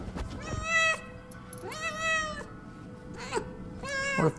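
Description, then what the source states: Domestic cat giving three drawn-out harmonic meows that rise then hold, with one short call between the last two. Male pet cat held up to the microphone; the owner is unsure what the sound is and likens it to a squirrel, raccoon or ferret.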